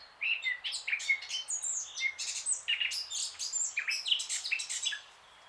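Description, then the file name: Eurasian blackcap song: a lively, continuous warble mixing clear whistles with scratchy, high chattering notes, then stopping abruptly near the end. "Sylvia atricapilla"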